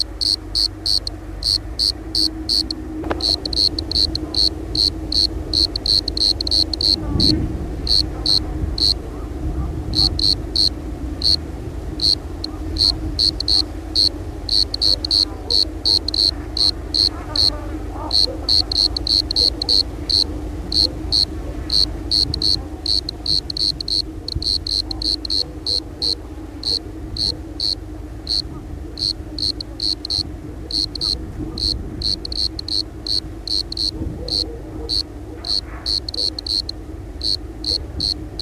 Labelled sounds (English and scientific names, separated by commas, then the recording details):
Bordeaux Cricket (Eumodicogryllus bordigalensis) stridulation
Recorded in the wild
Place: Brazo de la Torre, ES
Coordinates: 37.0958, -6.18
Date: 1971-03-22
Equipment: Uher Report 4200, AKG D190C in Doppel-Parabolreflektor
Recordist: Krey, Winfried